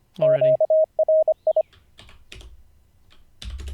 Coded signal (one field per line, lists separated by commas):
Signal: Morse code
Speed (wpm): 25 wpm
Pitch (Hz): 630 Hz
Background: speech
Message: QRI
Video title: How to Learn Morse Code (Day 45)